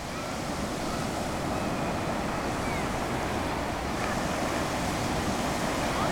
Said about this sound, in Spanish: ¿Cuál es vuestro sonido preferido de Peñíscola? ¿Sonido de fondo? Aquí el mar, claro, ¿no?